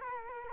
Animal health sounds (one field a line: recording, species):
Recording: mosquito wingbeat signal from an infrared sensor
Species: Culex quinquefasciatus